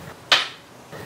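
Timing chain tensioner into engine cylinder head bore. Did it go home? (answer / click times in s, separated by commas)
yes / 0.3 s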